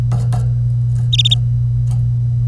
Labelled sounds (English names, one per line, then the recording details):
Domestic Canary song
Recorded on 25 April 2018 at 08:07
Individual llb3